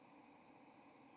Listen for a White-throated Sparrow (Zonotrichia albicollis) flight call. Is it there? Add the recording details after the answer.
no. Another species' flight call is heard. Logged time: 10:10 on 30 October 2014